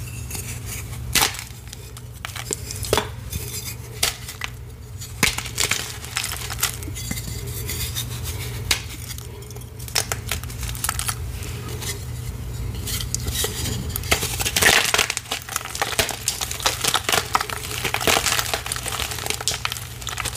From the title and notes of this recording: Gym chalk ASMR. Purple gym chalk water crushes, reforms, paste mixing, and more.